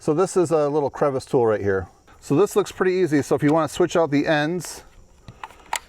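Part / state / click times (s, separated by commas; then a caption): plastic cleaning attachment onto spot vacuum nozzle / seated / 5.8 s. A plastic attachment is pushed onto the nozzle end of a Ryobi cordless spot vacuum while someone talks, and after the speech stops a few small plastic ticks follow. The attachment clips in place with a sharp click at 5.8 s, and it is seated.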